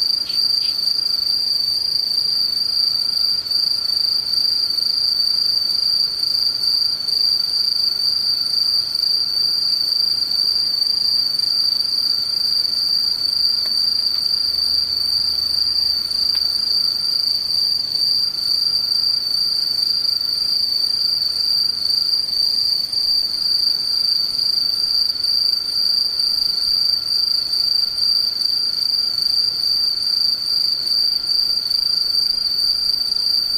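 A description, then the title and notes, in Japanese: A chorus of insects trills without pause, a bright piercing whine steady throughout, with a fainter lower chirping line fading in and out. ムシ合唱。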